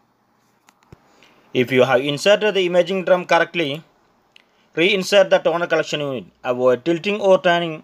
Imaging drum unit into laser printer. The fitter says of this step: and it snaps into place